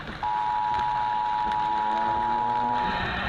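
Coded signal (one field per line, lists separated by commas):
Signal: Emergency Alert System (SAME) tones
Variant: 853 and 960 Hz attention tone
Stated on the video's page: Compilation of scary emergency alerts.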